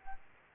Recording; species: mosquito wingbeat signal from an infrared sensor; Aedes albopictus